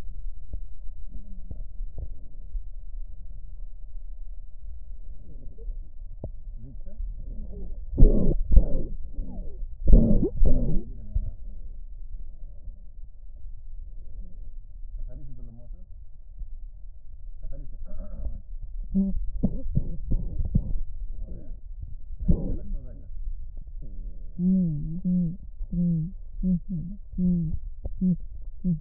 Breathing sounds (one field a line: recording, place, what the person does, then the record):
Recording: lung sounds by stethoscope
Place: right posterior apical chest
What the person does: quiet breathing, then cough and speech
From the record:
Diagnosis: asthma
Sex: female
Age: 56 years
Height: 161 cm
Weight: 85 kg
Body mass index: 32.8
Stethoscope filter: extended mode